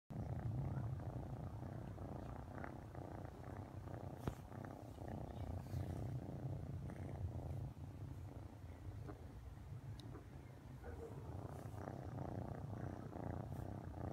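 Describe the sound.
Cat purring, a steady low rumbling drone with rapid pulsing throughout; a faint click partway through.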